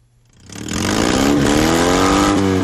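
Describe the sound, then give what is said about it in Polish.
A small Fiat 126p with a stock 650 cc, 24 hp engine and a modified muffler, at an annual Fiat 126p rally in Łódź, revs up from near silence into a loud, sustained, raspy roar, its pitch climbing steadily as the throttle is held open. “Co pan tam ma pod maską, że to tak grzeje?”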